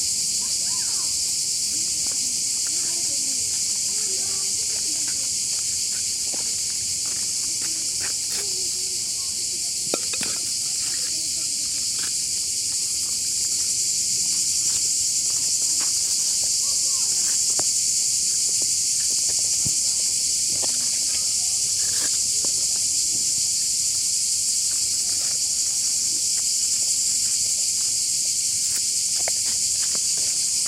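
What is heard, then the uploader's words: Numerous cicadas blend into a dense, steady high shimmer that comes from all around and never lets up for the whole stretch. Beneath it, faint low rumbles and occasional soft clicks or knocks come and go, with what may be voices. This soundscape was captured at Liqeni Artificial I Tiranes, Albania. In this vibrant acoustic environment, the voices of numerous cicadas blend harmoniously, emanating from all directions. To capture this immersive experience, I stood in the center of a dirt road while making the recording. Recorded by Uğur Aslan. Soundscape of Liqeni Artificial I Tiranes.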